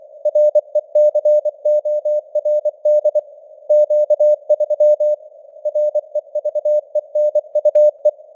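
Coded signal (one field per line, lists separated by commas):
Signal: Morse code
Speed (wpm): 24 wpm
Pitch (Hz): 600 Hz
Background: none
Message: RECORD Q3 REVENUE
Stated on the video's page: Morse news headlines at 24 wpm with simulated radio noise and varying signal strength (QSB).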